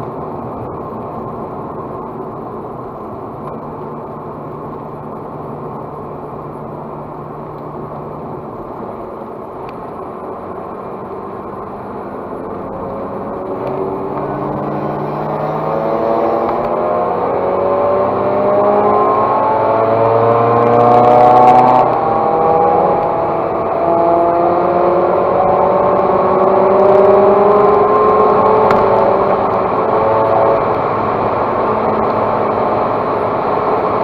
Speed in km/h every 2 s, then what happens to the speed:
63, 61, 58, 58, 61, 61, 68, 75, 84, 101, 118, 125, 129, 140, 147, 146, 142.
0-10 steady at about 61. 10-28 speeds up to 147. 28-34 steady at about 146.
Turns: none.